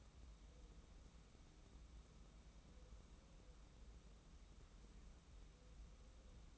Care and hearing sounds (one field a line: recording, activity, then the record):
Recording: daily activity, microphone in the room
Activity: wipe stove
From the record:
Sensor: 1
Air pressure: 994.6 hPa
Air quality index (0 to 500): 232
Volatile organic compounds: 1000 ppm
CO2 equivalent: 8364 ppm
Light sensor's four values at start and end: 140/323/143/157 and 139/321/142/156